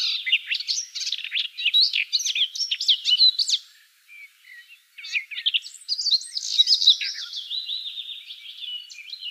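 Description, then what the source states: Garden warbler song: rich, hurried warble for about four seconds, a brief pause, then another long babbling phrase that fades slightly. Recorded 19 May 2013.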